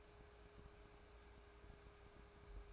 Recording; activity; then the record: daily activity, microphone in the room; take from stove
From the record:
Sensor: 2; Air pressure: 1010.1 hPa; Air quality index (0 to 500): 161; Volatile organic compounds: 7 ppm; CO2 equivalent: 2021 ppm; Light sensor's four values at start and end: 41/100/45/50 and 42/101/45/51